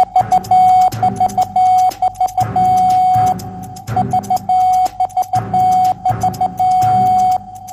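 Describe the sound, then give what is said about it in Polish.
A steady mid-pitched tone keys on and off in short dots and longer dashes, spelling out the call sign AXL in Morse code in repeating groups, loud and clear over a faint hum of background noise. “panu Sebastianowi Ordzie-Sztarkowi za odtworzenie w alfabecie Morsa sygnału wywoławczego AXL.”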